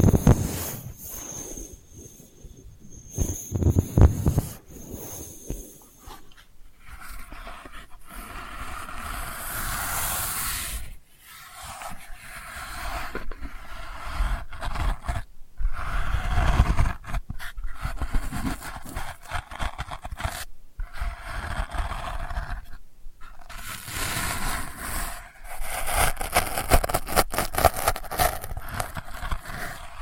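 Delicate scratching runs through the whole clip, a dense, uneven rasping with bright hissy strokes that come in bursts and brief pauses. Several sharp breaks cut it around 5, 11, 15, 20 and 23 seconds, and a faint steady whine sits underneath early on.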